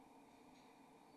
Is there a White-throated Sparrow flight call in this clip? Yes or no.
no